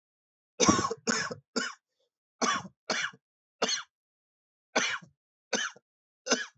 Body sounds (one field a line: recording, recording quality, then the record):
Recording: shallow voluntary cough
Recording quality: excellent, no background noise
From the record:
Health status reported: healthy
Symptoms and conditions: sore throat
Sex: male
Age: 27 years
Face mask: not worn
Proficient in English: yes